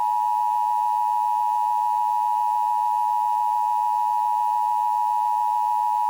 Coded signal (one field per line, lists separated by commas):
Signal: Emergency Alert System (SAME) tones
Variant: 853 and 960 Hz attention tone